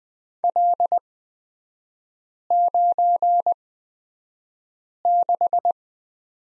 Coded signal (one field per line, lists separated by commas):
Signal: Morse code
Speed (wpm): 20 wpm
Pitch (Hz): 700 Hz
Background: none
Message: L96